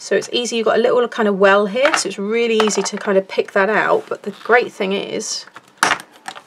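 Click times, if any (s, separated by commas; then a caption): 5.8 s. Someone talks, then a plastic scoring tool is pressed into its storage slot on a craft scoreboard and snaps in with a sharp click at 5.8 s, followed by a few faint ticks. The tool is seated firmly in its holder and will not fall out the way it does on an older board.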